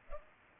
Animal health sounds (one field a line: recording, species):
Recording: mosquito wingbeat signal from an infrared sensor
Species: Culex pipiens